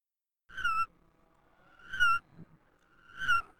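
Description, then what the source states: Bird whimpering calls: three short, harmonic-rich whines that dip slightly, spaced a little over a second apart. Described as a whimpering call.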